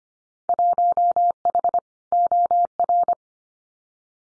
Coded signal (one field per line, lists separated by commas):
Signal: Morse code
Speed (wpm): 25 wpm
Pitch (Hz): 700 Hz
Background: none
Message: 1H OR